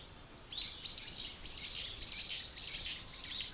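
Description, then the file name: Bush warbler song: bursts of high warbled, chattering notes in quick succession, over a quiet background hiss. Recorded in April 2007. "bushwarbler-200704"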